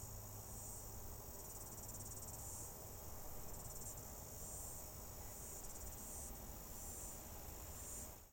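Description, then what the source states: Cicadas give a high shimmering buzz that swells and fades in waves over a low steady rumble. Outdoor ambience.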